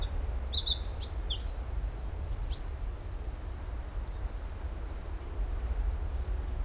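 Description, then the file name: Eurasian wren song, a short opening burst of high, rapid trilled notes, followed by a few faint isolated ticks over low background rumble. "Troglodytes troglodytes"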